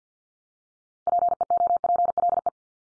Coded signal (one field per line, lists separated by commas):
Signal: Morse code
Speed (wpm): 50 wpm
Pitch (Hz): 700 Hz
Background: none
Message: PEOPLE